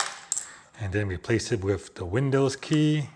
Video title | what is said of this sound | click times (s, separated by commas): Keychron K2 Bluetooth Mechanical Keyboard Review | pop out the command key, | 0.3 s